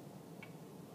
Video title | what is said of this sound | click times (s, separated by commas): Spring Mill dive boat | push it in and you'll hear a click ready | 0.4 s